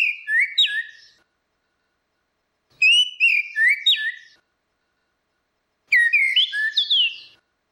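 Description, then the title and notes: Orange-headed thrush giving three separate whistled song phrases with rapid slurred and chirping notes and quiet gaps between. Anis merah (anis kembang) song in ngeplong style, continuous singing, used as a masteran training recording for songbirds. "Suara Burung Anis Merah Ngeplong. Masteran Anis Kembang"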